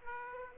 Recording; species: mosquito wingbeat signal from an infrared sensor; Aedes aegypti